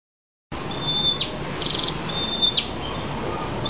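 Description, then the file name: Tailorbird song: two high whistles each ending in a sharp flick, separated by a rapid buzzy chatter, against constant low hiss. "2-ekor-prenjak-kepala-merah-omkicau"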